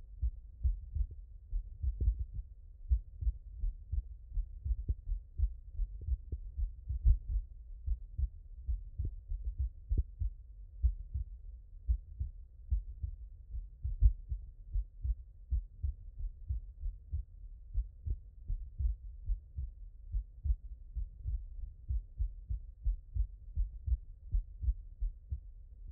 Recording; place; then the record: heart sounds by stethoscope; tricuspid valve (TV)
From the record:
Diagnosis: non-HFrEF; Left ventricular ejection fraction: 57%